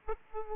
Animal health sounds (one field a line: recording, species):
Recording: mosquito wingbeat signal from an infrared sensor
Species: Aedes aegypti